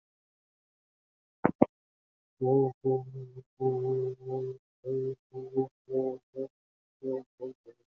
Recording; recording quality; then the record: sustained vowel as in boot; moderate, slight background noise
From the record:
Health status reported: healthy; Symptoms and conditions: none ticked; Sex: male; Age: 28 years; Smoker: not ticked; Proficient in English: yes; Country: India